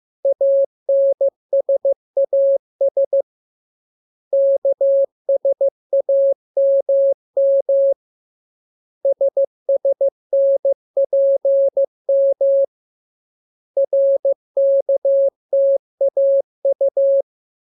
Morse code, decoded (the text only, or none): ANSAS KSAMM SSNPM RKTAU